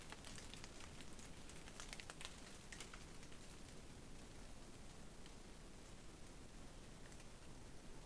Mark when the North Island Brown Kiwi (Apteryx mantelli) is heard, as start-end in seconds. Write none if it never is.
none